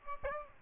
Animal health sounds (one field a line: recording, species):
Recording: mosquito wingbeat signal from an infrared sensor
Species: Aedes albopictus